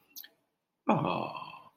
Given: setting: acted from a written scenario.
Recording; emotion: vocal sound without words; adoration